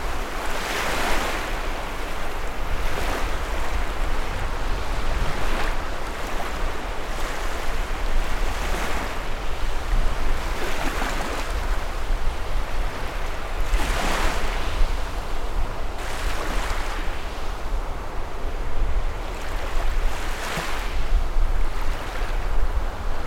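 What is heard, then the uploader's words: Ocean waves wash in steadily with a low constant rumble of wind, brighter surges cresting every few seconds, strongest around fourteen seconds. Original sounds of the ocean waves, some breeze, and wind.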